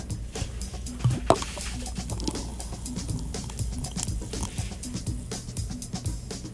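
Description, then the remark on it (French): Orange soda is poured into a glass for several seconds, a steady liquid splash mixed with a crisp, crackling fizz of bubbles and a few sharper clinks and pops. “Je vais verser celui-là à l'orange.”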